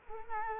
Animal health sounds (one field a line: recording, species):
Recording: mosquito wingbeat signal from an infrared sensor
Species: Culex quinquefasciatus